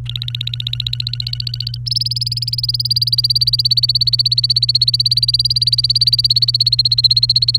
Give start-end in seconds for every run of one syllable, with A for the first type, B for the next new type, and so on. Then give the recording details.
0.06-1.77 A, 1.86-7.57 B. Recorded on 29 April 2018 at 10:16. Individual llb3